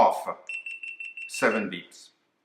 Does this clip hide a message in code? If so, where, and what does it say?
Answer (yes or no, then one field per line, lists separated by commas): no